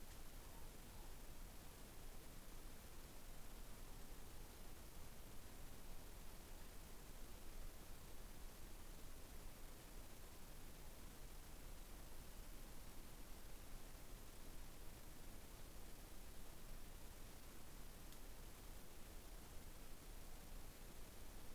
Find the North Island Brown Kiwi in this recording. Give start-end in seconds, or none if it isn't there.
none